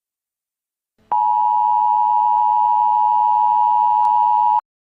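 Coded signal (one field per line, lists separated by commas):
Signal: Emergency Alert System (SAME) tones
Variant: 853 and 960 Hz attention tone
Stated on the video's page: Fictional EAS scenario made in Canva; the EAS tones are deliberately invalid.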